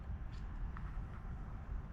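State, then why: Not seated. A crimped pin terminal on a wire is handled at the back of a plastic auxiliary switch harness connector plug for a 2024+ Lexus GX550, with a steady low rumble and a brief faint tick near 0.8 s. The terminal has not yet seated or clicked into the housing.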